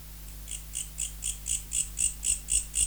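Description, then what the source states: Mecopoda katydid song beginning: soft high rasping pulses swell in loudness and settle into a steady rhythm of about four per second, low hum behind. Recorded in November.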